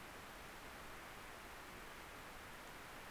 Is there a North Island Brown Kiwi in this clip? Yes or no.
no